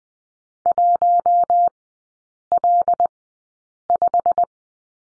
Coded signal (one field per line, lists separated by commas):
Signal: Morse code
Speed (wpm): 20 wpm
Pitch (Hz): 700 Hz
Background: none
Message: 1L5